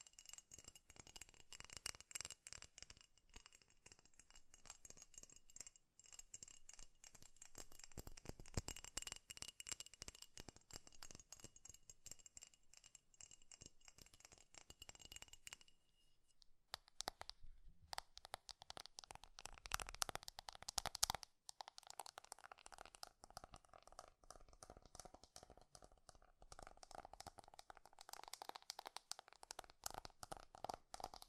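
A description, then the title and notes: Fast, dense tapping with crinkly, rattling texture, a thin high ringing tone through the first half, pausing briefly around sixteen and twenty-one seconds. ASMR 3D Fast Tapping.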